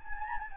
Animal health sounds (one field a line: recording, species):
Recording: mosquito wingbeat signal from an infrared sensor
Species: Anopheles gambiae